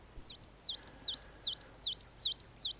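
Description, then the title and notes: Coal Tit song: a high two-note phrase repeated quickly several times, each with a thin dipping whistle. Nature sound of the week on Yle, presented by Juha Laaksonen. "Viikon luontoääni: Kuusitiainen. Viikon luontoäänen esitteli Juha Laaksonen"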